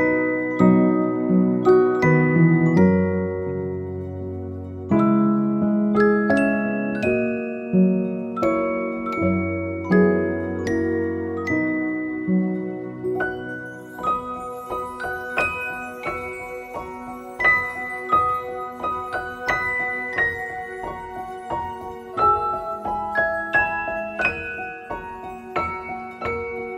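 Calm piano music plays gently, low sustained chords early giving way after fifteen seconds to brighter, quicker repeated notes that ring and fade.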